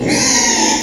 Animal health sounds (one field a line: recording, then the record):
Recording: squeal of a Yucatan mini pig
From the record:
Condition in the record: before surgery on the right vocal fold (resection and tissue-engineered implant)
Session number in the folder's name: 2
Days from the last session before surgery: 0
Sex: male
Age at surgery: 12 weeks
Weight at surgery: 13 kg